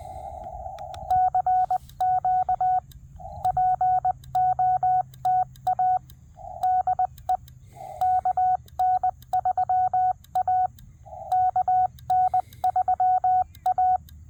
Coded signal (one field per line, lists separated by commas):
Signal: Morse code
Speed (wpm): 20 wpm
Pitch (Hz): 740 Hz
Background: none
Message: CQ POTA DE KN3A KN3A